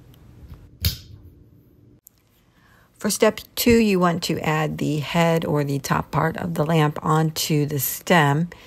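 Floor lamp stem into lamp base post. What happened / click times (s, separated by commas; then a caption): The lamp stem clicked onto the base post / 0.8 s. The stem of a Cricut Bright 360 floor lamp is pushed down over the post on the lamp base and clicks into place with a sharp snap at 0.9 s. A brief quiet stretch with a faint tick near 2.1 s follows, then someone talks from about 3 s on, and the stem is seated on the base.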